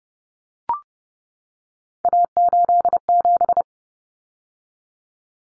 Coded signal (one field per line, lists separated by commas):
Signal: Morse code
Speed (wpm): 30 wpm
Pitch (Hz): 700 Hz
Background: none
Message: A87